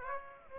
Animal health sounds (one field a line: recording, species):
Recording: mosquito wingbeat signal from an infrared sensor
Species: Aedes aegypti